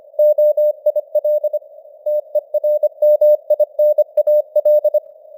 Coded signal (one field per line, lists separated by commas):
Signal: Morse code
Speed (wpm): 24 wpm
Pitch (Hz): 600 Hz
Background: none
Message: OIL TERMINAL